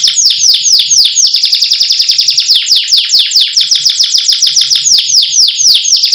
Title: Canto Para Esquentar Canário Belga. Suara Kenari Jantan Menaikan Birahi Betina